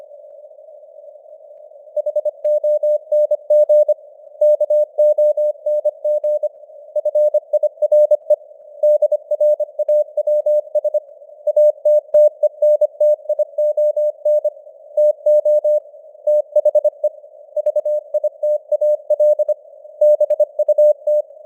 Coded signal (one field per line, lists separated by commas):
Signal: Morse code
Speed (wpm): 25 wpm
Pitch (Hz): 600 Hz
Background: none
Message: HONG KONG FIRE DRAWS ATTENTION TO THE VITAL BUT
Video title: Morse Code News | 2025-11-30 | 25wpm